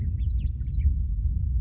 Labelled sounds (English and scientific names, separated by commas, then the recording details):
Western Meadowlark (Sturnella neglecta)
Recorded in Sonoma County, California